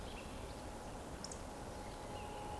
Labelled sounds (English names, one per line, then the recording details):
Eurasian Woodcock whistle
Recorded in Baden-Württemberg, Germany, on 23 June 2020 at 20:08 UTC
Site 14569, 102 m above sea level